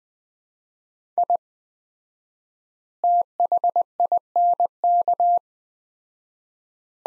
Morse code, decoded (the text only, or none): I THINK